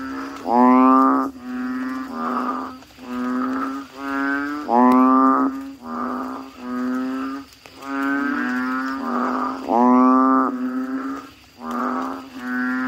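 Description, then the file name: Asian common toad steady chorus of nasal, humming groans, a second or so long, overlapping and repeated without pause. "suara kodok bangkong"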